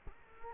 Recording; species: mosquito wingbeat signal from an infrared sensor; Culex quinquefasciatus